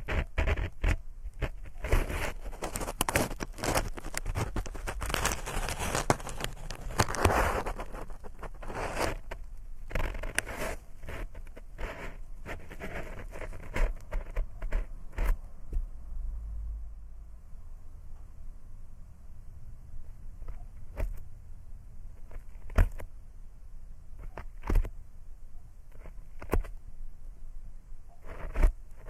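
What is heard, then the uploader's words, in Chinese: Ear cleaning with no voice: dense, crackly scratching and rubbing fills roughly the first sixteen seconds, with a low rumble underneath. After that it thins to scattered sharp clicks and brief scrapes spaced a second or two apart over a quieter, faint hum. 掏耳无人声助眠。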